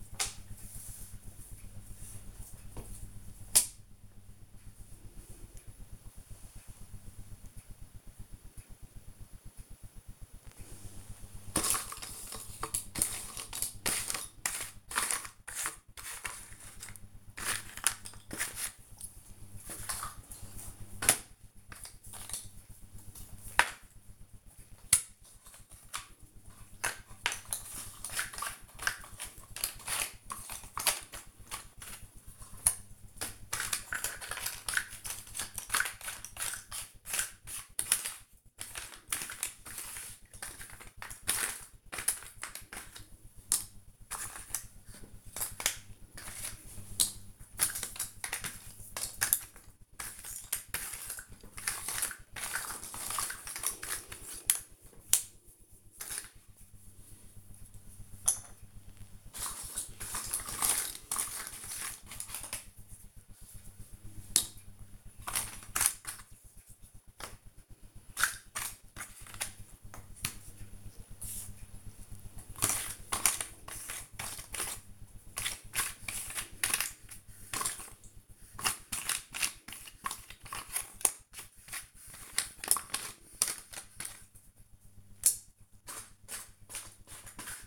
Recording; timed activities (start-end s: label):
household activities, microphone on the right wrist
0.00-50.39 s: doing a puzzle
52.40-87.67 s: doing a puzzle